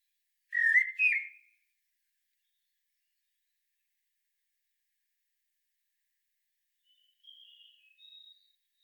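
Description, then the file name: Common blackbird singing one mellow whistled phrase with a squeaky end. After a long quiet stretch, faint high thin notes follow. "Turdus merula"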